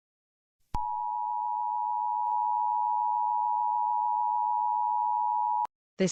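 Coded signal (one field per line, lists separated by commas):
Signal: Emergency Alert System (SAME) tones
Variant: 853 and 960 Hz attention tone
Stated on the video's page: Fictional EAS scenario, not a real alert.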